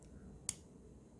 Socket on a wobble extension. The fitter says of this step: and this one locks in place.